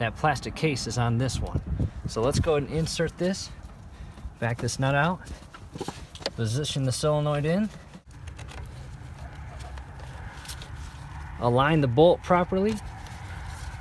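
Someone talks while a camshaft actuator solenoid on a Chevy Cruze, Malibu or Impala is positioned and lined up in its bore in the engine timing cover, producing light contact taps between about 8.3 and 10.6 seconds. The solenoid has not yet been pushed home, and nothing has seated or clicked yet.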